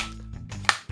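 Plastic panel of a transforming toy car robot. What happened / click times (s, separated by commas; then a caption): A plastic panel snapped into place / 0.7 s. Two plastic panels on a Hello Carbot Starex Dandy 2020 face-lift transforming toy car robot are brought down and snapped into place during its transformation, over a steady low tonal background. A sharp, solid plastic click sounds at 0.7 s, and the panels are seated.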